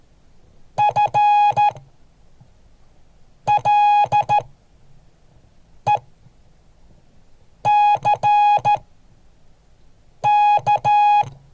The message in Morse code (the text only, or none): FLECK